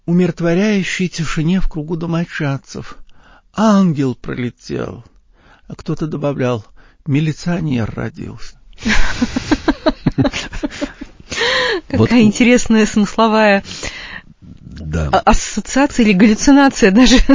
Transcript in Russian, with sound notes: умиротворяющей тишине в кругу домочадцев, «ангел пролетел». А кто-то добавлял: «Милиционер родился». (Смеется.)
Какая интересная смысловая ассоциация или галлюцинация даже...